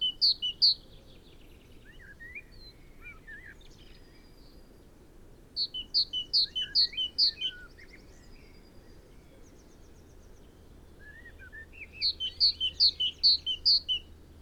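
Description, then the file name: Great tit repeating its seesawing two-note phrase in three separate bursts, with short curling lower notes around them. "Parus major"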